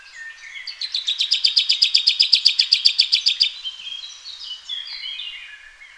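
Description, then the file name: Common chaffinch giving a fast run of clipped, repeated notes for about three seconds, then softer varied chirps and whistles. "Fringilla coelebs"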